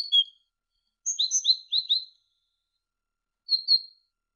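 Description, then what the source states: Great tit song: paired high and low whistled notes repeated in a quick run, then a short two-note phrase after a pause. Indonesian masteran recording of great tit song for training songbirds, uploaded November 2014.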